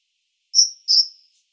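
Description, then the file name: Great tit uttering one sharp, high double note, the second note slightly longer and fading out gradually, with silence around it. "Parus major"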